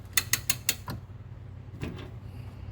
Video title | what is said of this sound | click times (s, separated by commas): From Start to Finish: The Ultimate Guide to Assembling a 3-Ton Harrington Hoist (LB030) | Screw this middle portion in until you hear a couple clicks. | 0.2 s, 0.3 s, 0.5 s, 0.7 s